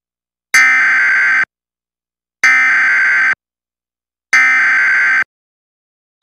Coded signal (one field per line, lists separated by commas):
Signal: Emergency Alert System (SAME) tones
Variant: header bursts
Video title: EAS - the damn train went off the tracks! 🤠 | RoplayfromFL